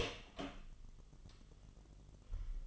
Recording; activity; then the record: daily activity, microphone in the room; open door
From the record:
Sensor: 4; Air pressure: 1005.8 hPa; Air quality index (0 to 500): 82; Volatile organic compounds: 2 ppm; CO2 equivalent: 1004 ppm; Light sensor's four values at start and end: 13/31/12/11 and 13/30/12/11